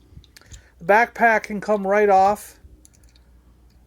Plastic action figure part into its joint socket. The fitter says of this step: Make sure this pops. You'll hear the pop to pop it back in place.